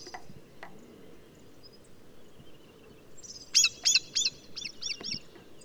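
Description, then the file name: Common blackbird calls, a burst of high metallic chinking notes, three louder then three softer, after a quiet stretch. "Turdus merula"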